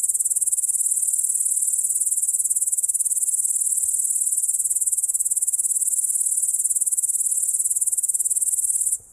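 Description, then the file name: Cricket song: a continuous, very high, rapid trilling chirr held steadily for about nine seconds, then stopping abruptly at the end. "freesound swierszcze"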